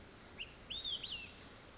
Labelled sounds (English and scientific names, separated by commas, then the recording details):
Olive-sided Flycatcher (Contopus cooperi)
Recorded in Sonoma County, California